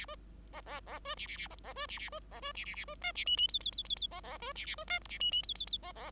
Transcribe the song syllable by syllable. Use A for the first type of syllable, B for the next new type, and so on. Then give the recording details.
A A A B C C C A A B C C B A B C C C B D C E E F F F F F A A B C C B D G C E E F F F A A. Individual Bird5